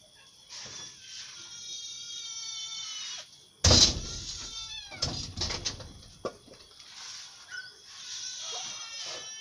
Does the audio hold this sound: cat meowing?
yes